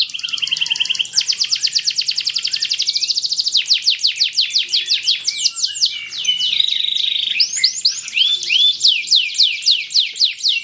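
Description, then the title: Belgian canary song: rapid high trills and buzzy rolls, shifting between fast repeated notes and sweeping whistled phrases without pause. Belgian canary breed; warm-up song meant to get other canaries singing. "Canto Para Esquentar Canário Belga. SUARA BURUNG : Kenari"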